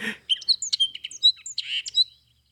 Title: hooded oriole